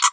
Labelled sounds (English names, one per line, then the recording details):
Green-rumped Parrotlet babbling
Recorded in a nest box in Venezuela
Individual 18B25A5